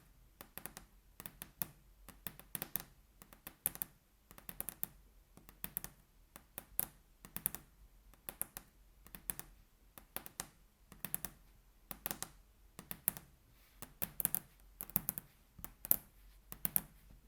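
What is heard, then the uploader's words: Fingers tap on a tabletop in quick, irregular bursts, clusters of sharp clicks every second or so with brief pauses between. The taps are crisp with a slight hollow body underneath, with nothing else heard. ASMR Table Tapping (No Talking).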